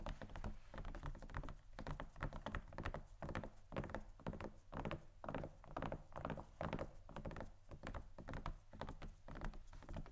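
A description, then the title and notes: Fingers tap steadily on a leather bag, a quick, dense run of soft, hollow knocks that continues throughout with only brief pauses. Light scratching rasps sit on top of the taps, and the sound is dull rather than bright. ASMR Tapping & Scratching Luxury Leather Bags（No Talking）.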